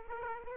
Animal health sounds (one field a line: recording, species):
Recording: mosquito wingbeat signal from an infrared sensor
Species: Aedes aegypti